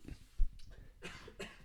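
Two brief, muffled adult coughs, preceded by a dull low thump, in a quiet small room.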